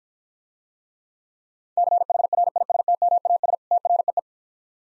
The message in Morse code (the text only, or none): CHRISTMAS TREE